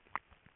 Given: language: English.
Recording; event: throat vibration sensor signal played as sound; swallow